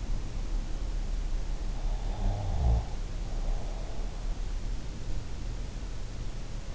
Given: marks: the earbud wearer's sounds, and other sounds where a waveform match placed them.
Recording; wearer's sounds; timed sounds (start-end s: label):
sounds in sleep by an in-ear microphone; snoring breath
2.02-3.90 s: snoring breath